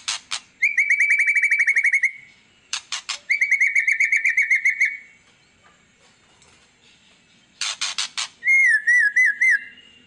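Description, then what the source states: White-rumped shama song: long rapid whistled trills near one pitch, split by harsh buzzy bursts, then a wavering looping whistle. Lure song of an actively singing ('gacor') murai batu, played to make other birds respond.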